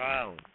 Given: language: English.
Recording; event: throat vibration sensor signal played as sound; speech